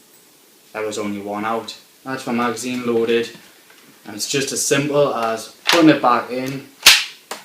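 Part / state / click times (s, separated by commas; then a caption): BB magazine into airsoft rifle magazine well / seated / 6.9 s. Someone talks, then a loaded plastic BB magazine is pushed back into the magazine well of a Double Eagle M46P FAMAS spring airsoft rifle. A sharp, loud click at 6.9 s marks the magazine seating into place, followed by a fainter tap at 7.3 s.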